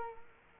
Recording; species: mosquito wingbeat signal from an infrared sensor; Culex quinquefasciatus